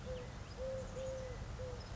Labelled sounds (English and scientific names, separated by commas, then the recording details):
Eurasian Collared Dove (Streptopelia decaocto)
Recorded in Sonoma County, California